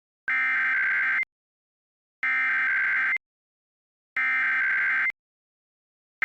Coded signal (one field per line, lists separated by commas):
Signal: Emergency Alert System (SAME) tones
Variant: header bursts